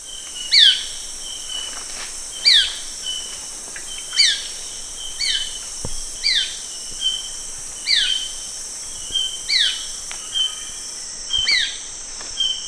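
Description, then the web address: Dark-throated oriole giving brief falling call notes about every one to two seconds, set against a constant shrill insect chorus. Recorded at Danum on 1 January 2008. "DANUM 20080101. dark-throated oriole"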